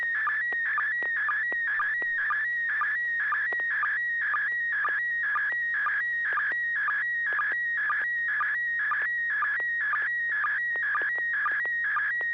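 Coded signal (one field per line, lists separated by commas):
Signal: SSTV (slow-scan television)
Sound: warbling, scratchy tone around 2 kHz with a short lower chirp about twice a second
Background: low steady hum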